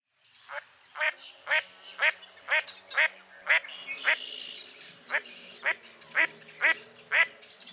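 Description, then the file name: Duck giving an even series of rough quacks, about two per second, with a slight break in the middle before continuing. "zvuki glazchatoi kriakvy"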